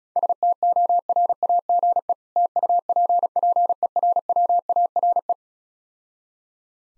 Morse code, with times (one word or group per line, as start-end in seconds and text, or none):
0.2-2.1 STORAGE
2.4-5.3 TUPPERWARE